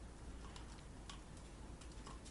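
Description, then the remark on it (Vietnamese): A stopwatch ticks with soft, sharp clicks spaced roughly half a second apart, heard alone over a steady low hiss. “Thanh Thúy đồng hồ bấm giây tiếng vang lên, một cái cự đại ngân bàn phù phiếm, bên trên chỉ có kim giây chậm rãi đi lại.”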